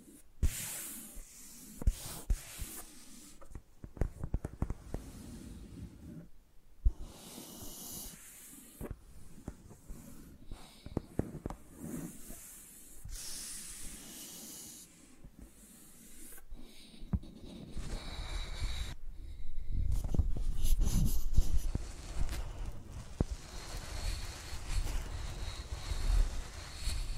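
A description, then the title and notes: Microphones used like pencils make soft scratchy strokes and brushing hiss in irregular bursts, broken by brief quiet gaps and sharp taps. The texture thickens after about twenty seconds into denser, busier scratching with a low rumble underneath. ASMR Using Mics as Pencils (No Talking).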